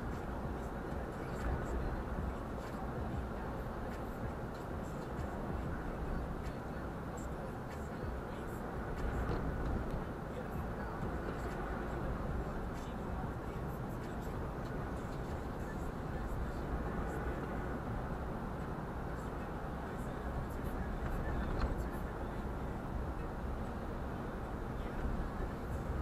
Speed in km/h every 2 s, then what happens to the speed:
43, 42, 42, 41, 40, 41, 41, 41, 42, 41, 38, 37, 35.
0-17 steady at about 41. 17-26 slows to 35.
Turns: none.